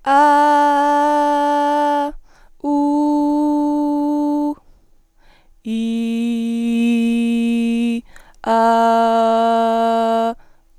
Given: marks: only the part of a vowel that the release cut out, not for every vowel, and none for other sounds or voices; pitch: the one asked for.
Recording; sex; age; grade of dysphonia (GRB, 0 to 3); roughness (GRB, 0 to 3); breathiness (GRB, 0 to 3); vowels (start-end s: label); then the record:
sustained vowels; female; 20 to 29 years; 0; 0; 0
0.28-1.91 s: vowel /a/, high pitch
2.80-4.41 s: vowel /u/, high pitch
5.89-7.81 s: vowel /i/, low pitch
8.76-10.21 s: vowel /a/, low pitch
From the record:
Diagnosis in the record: healthy voice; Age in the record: 22 years